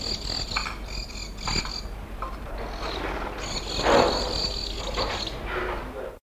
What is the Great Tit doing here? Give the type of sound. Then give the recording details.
begging call. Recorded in the wild. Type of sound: begging call. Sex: female. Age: adult. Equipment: Halbspur, 9,5 cm/s. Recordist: Lütgens, Hans. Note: Weibchen bettelt erregt